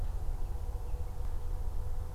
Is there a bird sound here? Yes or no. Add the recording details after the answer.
no. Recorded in France